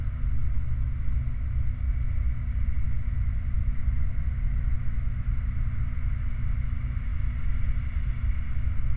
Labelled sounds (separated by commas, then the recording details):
machinery, flare stack
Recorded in the Prudhoe Bay oil fields, Alaska, on 29 July 2019 at 13:20
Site 29